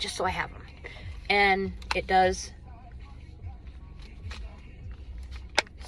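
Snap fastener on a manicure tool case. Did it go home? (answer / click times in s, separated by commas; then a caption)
yes / 5.6 s. Someone talks about a small manicure clipper-and-file case meant for keeping in the car console, then closes its snap fastener. A sharp, loud click at 5.6 s marks the snap shutting, and the case stays closed with no sign of coming open.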